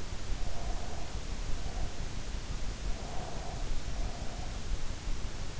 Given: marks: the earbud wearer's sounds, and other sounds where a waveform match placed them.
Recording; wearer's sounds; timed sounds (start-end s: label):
sounds in sleep by an in-ear microphone; breath
0.41-2.06 s: breath
2.84-4.73 s: breath